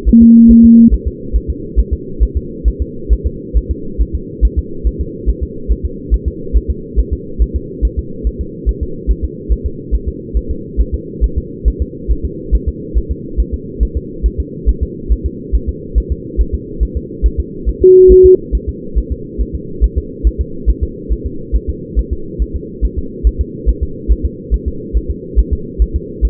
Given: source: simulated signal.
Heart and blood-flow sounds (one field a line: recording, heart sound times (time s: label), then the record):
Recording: fetal heart sounds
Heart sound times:
0.09 s: S1
0.23 s: S2
0.51 s: S1
0.65 s: S2
0.94 s: S1
1.08 s: S2
1.36 s: S1
1.50 s: S2
1.79 s: S1
1.93 s: S2
2.23 s: S1
2.37 s: S2
2.68 s: S1
2.82 s: S2
3.13 s: S1
3.27 s: S2
3.57 s: S1
3.71 s: S2
4.01 s: S1
4.15 s: S2
4.45 s: S1
4.59 s: S2
4.87 s: S1
5.01 s: S2
5.29 s: S1
5.43 s: S2
5.72 s: S1
5.85 s: S2
6.14 s: S1
6.28 s: S2
6.56 s: S1
6.71 s: S2
6.99 s: S1
7.13 s: S2
7.42 s: S1
7.56 s: S2
7.85 s: S1
7.99 s: S2
8.27 s: S1
8.41 s: S2
8.69 s: S1
8.83 s: S2
9.11 s: S1
9.25 s: S2
9.52 s: S1
9.66 s: S2
9.95 s: S1
10.09 s: S2
10.37 s: S1
10.51 s: S2
10.81 s: S1
10.94 s: S2
11.24 s: S1
11.38 s: S2
11.68 s: S1
11.82 s: S2
12.11 s: S1
12.25 s: S2
12.55 s: S1
12.69 s: S2
12.97 s: S1
13.12 s: S2
13.40 s: S1
13.54 s: S2
13.83 s: S1
13.97 s: S2
14.26 s: S1
14.40 s: S2
14.69 s: S1
14.83 s: S2
15.12 s: S1
15.26 s: S2
15.55 s: S1
15.69 s: S2
15.98 s: S1
16.12 s: S2
16.41 s: S1
16.55 s: S2
16.83 s: S1
16.97 s: S2
17.26 s: S1
17.40 s: S2
17.69 s: S1
17.82 s: S2
18.12 s: S1
18.26 s: S2
18.55 s: S1
18.69 s: S2
18.98 s: S1
19.12 s: S2
19.41 s: S1
19.55 s: S2
19.84 s: S1
19.98 s: S2
20.27 s: S1
20.41 s: S2
20.70 s: S1
20.84 s: S2
21.12 s: S1
21.26 s: S2
21.56 s: S1
21.69 s: S2
21.99 s: S1
22.13 s: S2
22.42 s: S1
22.56 s: S2
22.85 s: S1
22.99 s: S2
23.27 s: S1
23.41 s: S2
23.69 s: S1
23.83 s: S2
24.12 s: S1
24.25 s: S2
24.54 s: S1
24.68 s: S2
24.97 s: S1
25.10 s: S2
25.39 s: S1
25.53 s: S2
25.82 s: S1
25.96 s: S2
26.25 s: S1
From the record:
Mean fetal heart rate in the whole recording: 140 bpm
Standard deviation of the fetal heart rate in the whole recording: 2 bpm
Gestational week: 34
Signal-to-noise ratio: -4.3 dB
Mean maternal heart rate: 72 bpm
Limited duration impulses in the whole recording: present